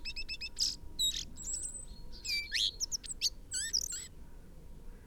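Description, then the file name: Common blackbird song in a dense run of rapid high twitters, trills and short whistled slurs, ending after about four seconds over a low background hum. "Turdus merula"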